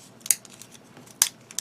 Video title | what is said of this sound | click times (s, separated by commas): *GundamCustom* MG 1/100 Freedom Gundam Metallic Custom - Part 11 | Snap it into place like so. | 1.2 s